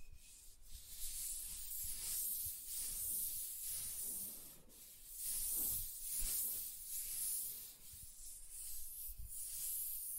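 Soft tracing across a surface makes a steady, airy rubbing hiss, swelling and easing in slow strokes, with faint low thumps now and then.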